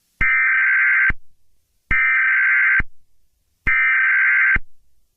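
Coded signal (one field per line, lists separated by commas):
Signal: Emergency Alert System (SAME) tones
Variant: header bursts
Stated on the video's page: Fictional EAS scenario.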